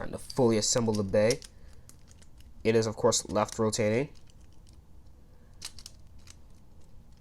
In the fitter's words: doesn't click for some reason